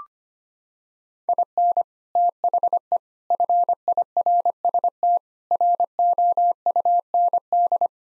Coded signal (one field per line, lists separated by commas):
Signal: Morse code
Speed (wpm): 25 wpm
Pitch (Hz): 700 Hz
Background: none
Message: IN THE FIRST ROUND